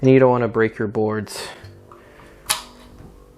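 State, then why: Seated. Someone talks while a cable plug is pushed back onto the sensitive pin header of a hashboard in a Bitmain Z9 crypto miner. A sharp snap at 2.5 s marks the plug seating fully home.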